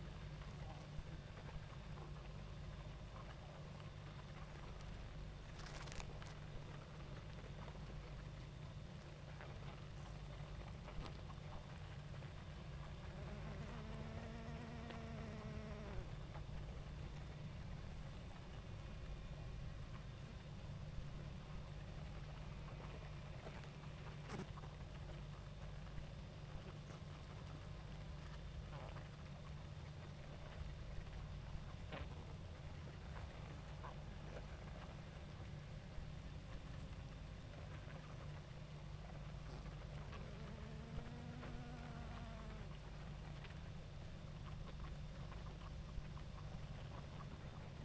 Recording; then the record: honeybee colony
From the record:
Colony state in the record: active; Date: 28 July 2017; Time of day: 20:23